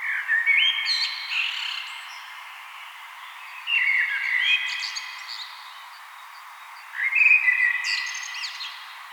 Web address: vogelstimmen amsel gesang nabu lars lachmann